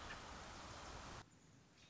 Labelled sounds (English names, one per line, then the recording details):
American Robin
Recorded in Sonoma County, California